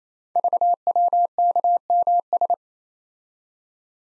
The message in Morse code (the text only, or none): VWKMS